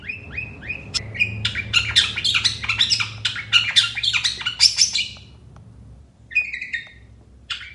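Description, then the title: Long-tailed shrike song: loud harsh chatter in a dense burst, then a pause and a few brief phrases. Long-tailed shrike song recorded in the morning, described as loud with varied 'toet toet' phrases and full fill notes, used as a tutor recording for songbirds. "Cendet Gacor Dor Di Kala Pagi Toet Toet Variasi Suara"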